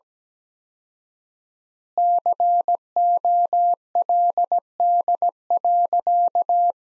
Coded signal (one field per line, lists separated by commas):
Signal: Morse code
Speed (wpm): 17 wpm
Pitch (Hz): 700 Hz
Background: none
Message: COLD.